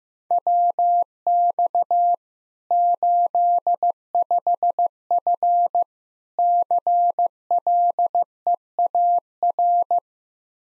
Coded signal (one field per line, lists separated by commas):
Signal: Morse code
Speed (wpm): 15 wpm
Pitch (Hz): 700 Hz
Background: none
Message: WX 85F CLEAR